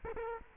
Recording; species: mosquito wingbeat signal from an infrared sensor; Culex quinquefasciatus